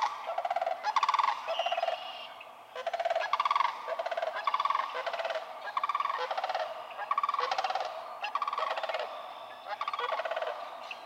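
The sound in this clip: Sandhill crane rolling, rattling bugle calls, harsh trilled bursts repeated throughout.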